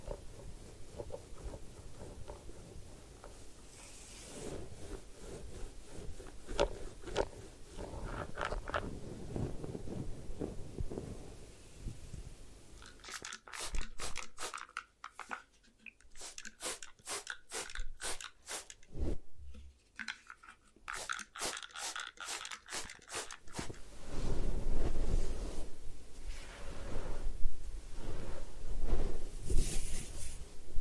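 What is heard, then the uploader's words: Head spa hair wash and massage sounds: soft rubbing and scratching fill the first thirteen seconds with a low, even rustle. From about 13 to 22 seconds come rapid, crisp crackling taps in quick bursts, then the gentler rubbing returns, growing fuller toward the end. Head Spa Hair Wash, Massage, Ear Cleaning.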